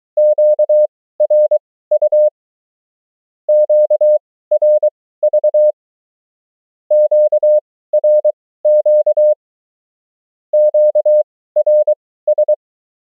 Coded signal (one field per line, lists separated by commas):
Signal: Morse code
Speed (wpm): 23 wpm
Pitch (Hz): 600 Hz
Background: none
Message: QRU QRV QRQ QRS